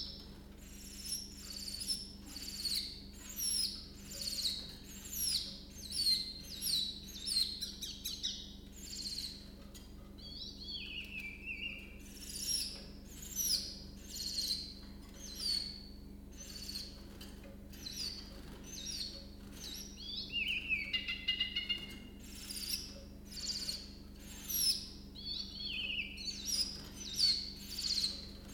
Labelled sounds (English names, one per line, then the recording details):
Willow Warbler
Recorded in captivity
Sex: male
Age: adult
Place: Zoologisches Institut Universität Tübingen, Baden-Württemberg, DE
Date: 1965-05-20 06:25
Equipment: Nagra III PH, kleiner englischer Parabolspiegel, LGS26
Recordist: Schneider, Hans-Joachim